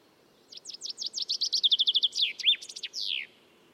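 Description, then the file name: Common chaffinch sings one phrase: bright falling notes speeding into a rattling run, then a flourish that drops at the end. "Fringilla coelebs"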